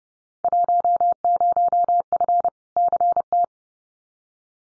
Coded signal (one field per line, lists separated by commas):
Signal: Morse code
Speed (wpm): 30 wpm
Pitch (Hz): 700 Hz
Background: none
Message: 10F CT